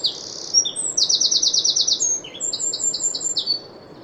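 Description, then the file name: Eurasian wren song, a loud, fast, high-pitched run of sharp chips and rattling trills, with quick notes repeated in rapid series. "Troglodytes troglodytes"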